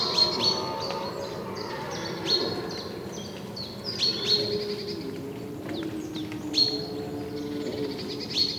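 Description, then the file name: Great tit calls: quick, high, clipped notes in loose clusters, unevenly timed, with low droning background noise throughout. "Parus major"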